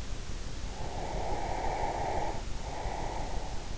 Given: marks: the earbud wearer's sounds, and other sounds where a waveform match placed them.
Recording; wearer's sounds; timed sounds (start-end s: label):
sounds in sleep by an in-ear microphone; breath
0.70-3.61 s: breath